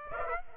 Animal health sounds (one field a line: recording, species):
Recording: mosquito wingbeat signal from an infrared sensor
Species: Aedes aegypti